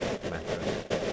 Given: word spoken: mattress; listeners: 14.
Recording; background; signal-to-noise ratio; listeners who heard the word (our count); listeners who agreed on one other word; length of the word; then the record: one English word in noise, from a listening test; noise modulated by three-talker babble; -7.9 dB; 3 of 14; 6 of 14; 0.73 s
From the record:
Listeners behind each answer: 6, 3, 1, 1, 1, 1, 1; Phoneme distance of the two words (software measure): 21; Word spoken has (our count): 2 syllables, 6 phonemes, stress on syllable 1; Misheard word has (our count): 2 syllables, 5 phonemes, stress on syllable 1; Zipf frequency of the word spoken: 3.44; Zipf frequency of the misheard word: 5.24